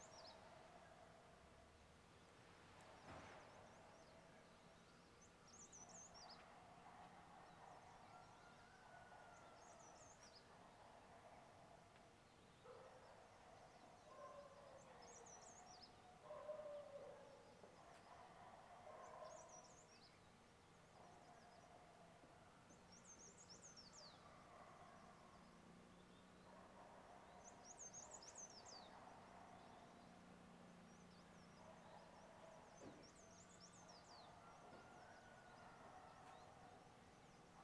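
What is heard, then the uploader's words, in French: Sunrise on a hotel terrace: bright bird chirps repeat every few seconds over a steady low murmur of traffic and faint voices. Lever de soleil sur le terrasse de l'hôtel Everest Window View, face à l'Himalaya.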